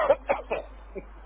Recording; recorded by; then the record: voluntary cough; telephone call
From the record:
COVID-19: negative